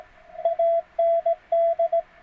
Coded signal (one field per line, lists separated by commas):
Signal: Morse code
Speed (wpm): 18 wpm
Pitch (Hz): 660 Hz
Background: radio noise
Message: AND